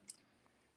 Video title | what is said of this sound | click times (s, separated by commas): Virtual Workshop: Maintaining Sinks and Drains | and put this one that just snaps right in | 0.1 s